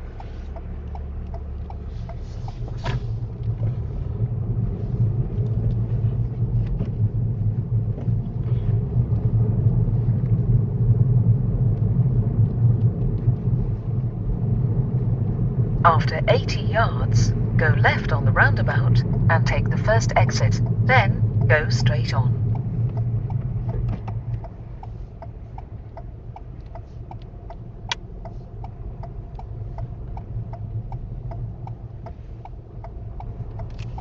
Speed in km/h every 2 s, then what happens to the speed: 6, 15, 18, 19, 24, 24, 27, 27, 26, 23, 15, 3, 5, 5, 6, 3, 10.
0-12 speeds up to 27. 12-22 slows to 3. 22-30 steady at about 5. 30-34 speeds up to 10.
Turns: none.